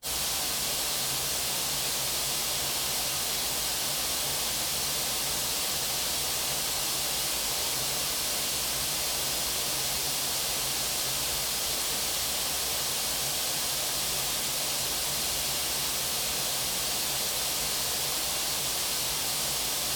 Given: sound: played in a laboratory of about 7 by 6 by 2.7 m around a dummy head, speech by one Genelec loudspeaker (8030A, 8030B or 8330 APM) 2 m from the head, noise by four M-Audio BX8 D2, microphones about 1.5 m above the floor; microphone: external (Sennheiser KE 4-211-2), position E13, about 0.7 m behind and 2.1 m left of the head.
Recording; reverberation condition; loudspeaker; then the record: white noise; medium; four, about 170 cm from the corners of the room and facing them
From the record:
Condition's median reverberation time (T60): about 510 ms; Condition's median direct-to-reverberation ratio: about -0.5 dB